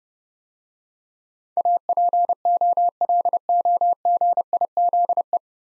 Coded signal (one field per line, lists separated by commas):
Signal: Morse code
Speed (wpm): 30 wpm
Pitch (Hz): 700 Hz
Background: none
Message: APOLOGIZE